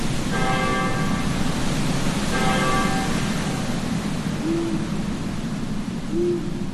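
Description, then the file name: Owl: two ringing church bell strokes first, then two low owl hoots near the end, all over steady blowing wind. Night graveyard ambience with wind and a church bell; horror sound effect. "zapsplat horror gravyard ambience night wind owl church bell"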